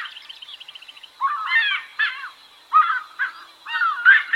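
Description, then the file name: Giant wood rail calling: a quick stuttering run of notes, then loud raucous, gurgling phrases repeated several times. "Canto do saracuracu"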